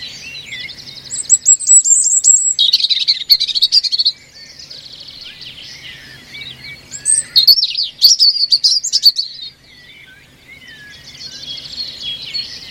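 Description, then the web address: European robin song: high, varied warbling phrases with fast trills, separated by pauses. "Deverinetal 2025"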